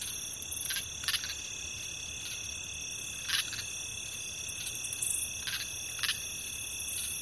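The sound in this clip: Cricket chorus: unbroken high trilling tones held throughout, with brief loud clicky bursts scattered irregularly across the recording.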